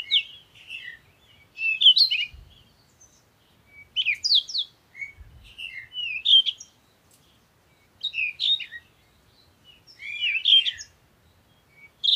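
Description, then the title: Birds singing, bright chirped and warbled phrases in bursts every couple of seconds, with faint low rumbles underneath. Morning birds recorded in nature while on vacation, used for a meditation. "Morning Birds Meditation - Spiritually Fit with Amelia Andaleon"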